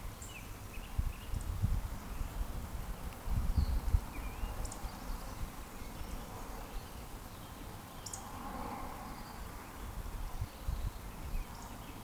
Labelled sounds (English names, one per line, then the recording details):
Eurasian Woodcock whistle
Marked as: whistle, whistle, whistle, whistle
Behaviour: display flight
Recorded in Baden-Württemberg, Germany, on 13 June 2020 at 19:55 UTC
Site 14569, 102 m above sea level